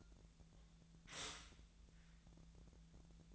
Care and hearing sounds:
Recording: daily activity, microphone in the room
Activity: stop toaster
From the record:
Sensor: 3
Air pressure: 1000.3 hPa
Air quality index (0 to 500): 157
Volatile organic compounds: 3 ppm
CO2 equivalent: 1388 ppm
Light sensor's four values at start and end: 35/88/37/40 and 35/89/37/40

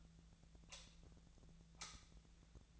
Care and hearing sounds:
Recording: daily activity, microphone in the room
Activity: light off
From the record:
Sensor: 3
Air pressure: 1009.7 hPa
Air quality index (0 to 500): 190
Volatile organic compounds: 15 ppm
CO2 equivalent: 2480 ppm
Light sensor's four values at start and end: 45/118/50/51 and 39/96/41/44

